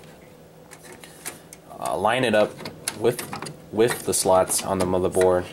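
A graphics card is picked up and lined up with the PCIe slot on the motherboard before being pressed in, with only light handling taps heard around 0.7, 1.0, 1.3 and 1.5 seconds. Someone talks throughout. Nothing has seated or clicked yet.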